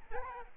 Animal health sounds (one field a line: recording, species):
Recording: mosquito wingbeat signal from an infrared sensor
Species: Aedes albopictus